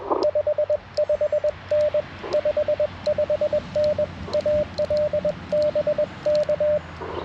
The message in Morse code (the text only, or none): 55N 55N AL BK